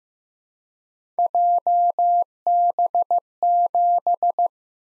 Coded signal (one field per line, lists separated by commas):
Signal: Morse code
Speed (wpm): 15 wpm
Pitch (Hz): 700 Hz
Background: none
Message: JB7